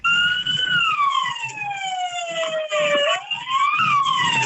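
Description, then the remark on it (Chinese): A loud fire truck siren wails continuously at an expressway toll booth in Xiangyang, Hubei, China, as the truck, on its way to a call, waits for the barrier to be raised. Its pitch slides slowly downward and then sweeps back up, with rich harmonic overtones and a low engine rumble underneath. “那网上一段视频显示呢，一高速公路的收费口，消防车响着鸣笛，司机要求收费站工作人员抬杆让行”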